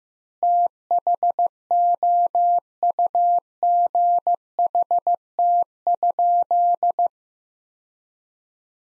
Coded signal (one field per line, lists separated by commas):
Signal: Morse code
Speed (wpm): 15 wpm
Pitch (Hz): 700 Hz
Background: none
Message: THOUGHT?